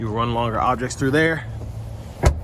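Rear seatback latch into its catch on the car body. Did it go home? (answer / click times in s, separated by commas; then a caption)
yes / 2.3 s. In a 2024 Nissan Sentra SV Premium, someone talks while the folded rear seatback is raised back up. A single sharp hit at 2.3 s is the seatback latch catching into its catch on the car body, and the seatback locks upright, seated.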